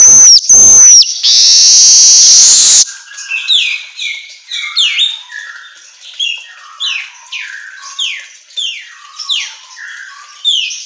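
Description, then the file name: Asian golden weaver: two sharp notes and a long harsh buzz, followed by many soft downward chirps. Intended for training songbirds, in the Indonesian 'auto gacor' style of vigorous, nonstop chirping. "Suara Kicau Manyar Kepala Emas Auto Gacor"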